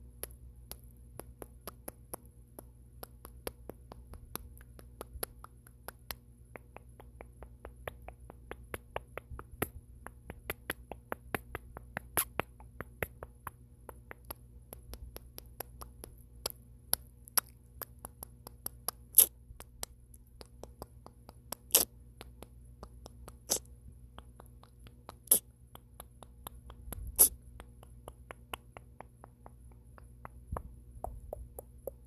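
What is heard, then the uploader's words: Quick, sharp mouth clicks and tongue pops come one after another for the whole stretch, mostly soft with a few louder snaps around the middle and near the end. A steady low hum and a faint high whine sit underneath. Tongue Clicking? Noises, + Body Scan. I don't know how to describe the sounds I make with my tongue, teeth, lips and mouth.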